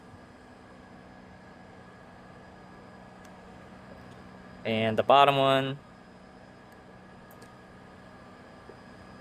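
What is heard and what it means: The heating and dimming cables are being plugged back into the back of a new mirror glass, with the bottom connector pushed on last. Someone talks briefly around 4.7–5.8 s over a steady low background hum, and no other distinct sounds stand out. Nothing has seated or clicked yet.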